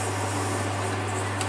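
A glued cherry wood part of a bird feeder is pressed into the groove cut in its wooden base, over a steady low hum. A short knock at 1.4 s marks it seating, well fitted in the groove.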